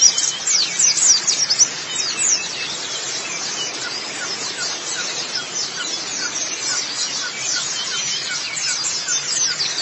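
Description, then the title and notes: White-eye twittering: a burst of loud high chirps in the first two seconds, then quieter, steady, rapid high-pitched chatter. "Kicauan Burung Pleci Durasi Panjang. Suara kicauan burung pleci"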